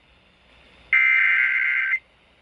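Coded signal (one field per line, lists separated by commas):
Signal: Emergency Alert System (SAME) tones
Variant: header bursts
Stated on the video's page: EAS alerts received on radios going off.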